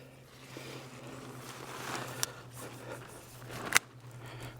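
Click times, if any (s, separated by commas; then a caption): 2.2 s, 3.8 s. Someone pulls the string and pushes on the hub of a Teton Vista one-person pop-up tent, used with a Teton Cot, so the collapsible pole frame locks open. Sharp snaps ring out at 2.2 s and 3.8 s over low rustling and a steady low hum. The hub snaps into place and the frame is locked open.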